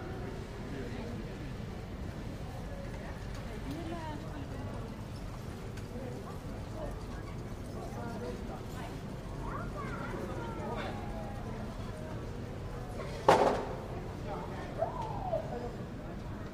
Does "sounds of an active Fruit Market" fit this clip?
yes